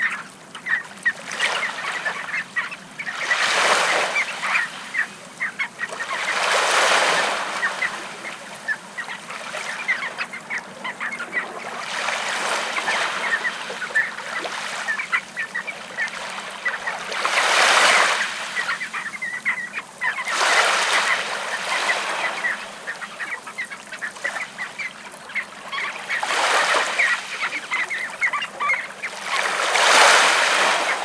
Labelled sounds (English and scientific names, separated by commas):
Red Knot (Calidris canutus) call